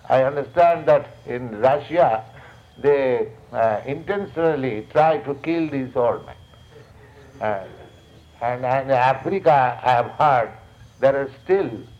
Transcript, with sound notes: I understand that in Russia they intentionally try to kill these old men. [laughter] And in Africa, I have heard, there are still